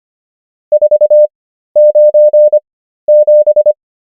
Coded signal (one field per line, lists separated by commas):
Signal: Morse code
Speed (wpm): 25 wpm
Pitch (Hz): 600 Hz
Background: none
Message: 497